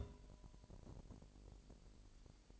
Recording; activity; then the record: daily activity, microphone in the room; take from stove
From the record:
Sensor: 5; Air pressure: 1002.0 hPa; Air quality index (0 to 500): 303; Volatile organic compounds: 45 ppm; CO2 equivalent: 3221 ppm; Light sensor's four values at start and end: 20/43/19/21 and 20/42/19/21